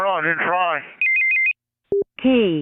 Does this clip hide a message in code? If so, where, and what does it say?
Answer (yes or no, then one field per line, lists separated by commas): no